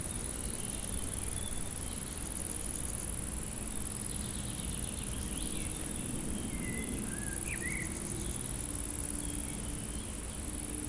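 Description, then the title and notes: Insects buzz continuously at a high pitch, with a few brief bird whistles midway over a low rumble. Insects stridulating in a dry meadow on a hot day near Chindrieux, France; wind rustles the leaves, some birds sing from surrounding woods, and motorbikes hum on the RD991 road. "348-862 Rue de Vars, 73310 Chindrieux, France - Prairie stridulante. Par une chaude journée , les insectes stridulent dans une prairie sèche"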